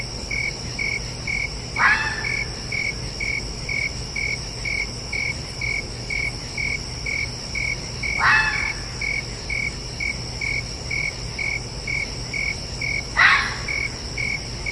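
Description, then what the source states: Red fox giving three harsh, hoarse barks several seconds apart over a steady chorus of chirping crickets. Calling at night.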